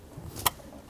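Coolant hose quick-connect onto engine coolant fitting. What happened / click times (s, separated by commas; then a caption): The coolant hose connector clicked into place / 0.5 s. A plastic coolant hose end, a quick-connect, is pushed onto its engine coolant fitting under the intake area of a 2020-2024 BMW G01 X3 (G02 X4, M40i, B58TU engine) during an oil filter housing replacement. After low rumbling and faint handling noise, a single sharp, bright click sounds at 0.5 s as the hose clicks home, confirming it is seated.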